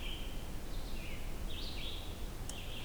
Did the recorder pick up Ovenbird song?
no